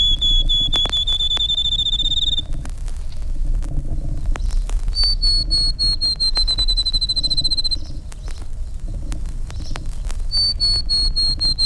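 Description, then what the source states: Field Sparrow song: three long, pure whistled notes, the first slightly rising and the later ones gently falling, separated by pauses, with clicks and a low rumble. Five males, two songs each; each has its own variation of the family song, two or three long notes followed by a trill.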